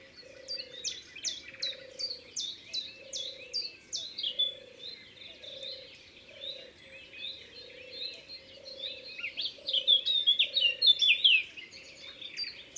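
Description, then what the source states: Eurasian blackcap delivering quick twittering phrases that swell into a louder, richer warble near the end, over a repeated low hollow note. Recorded in Ardèche.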